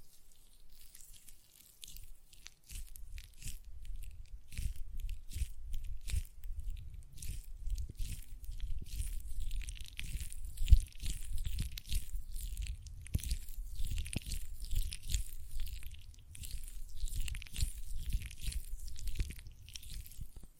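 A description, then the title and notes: Sticky gel lotion squelches and smacks between rubbing hands in quick, irregular wet bursts, with brief lulls and a low rumble. ASMR Gel Lotion Hand Sounds (No Talking).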